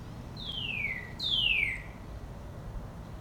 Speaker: Let's end today with the lovely sounds of the cardinal.